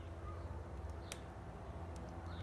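A master link retaining clip on a BMX bike chain snaps into place on the link pins as the chain is bent slightly inwards, giving a sharp click at 1.1 s over a steady low hum. The clip is seated, and afterward someone talks.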